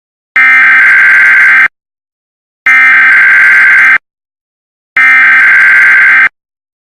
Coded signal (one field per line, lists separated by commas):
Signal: Emergency Alert System (SAME) tones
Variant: header bursts